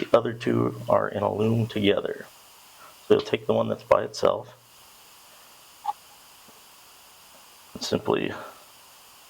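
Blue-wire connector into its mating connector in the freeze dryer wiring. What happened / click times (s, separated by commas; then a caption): A connector is handled and lined up, but no seating click is heard / none. Someone talks while picking up the lone blue-wire plastic connector in the wiring of a medium Stay Fresh freeze dryer with an industrial vacuum pump (the other two connectors are in a loom together) and lining it up with its mating connector. A brief faint handling sound comes at about 5.9 s between stretches of talk. Nothing has seated or clicked yet.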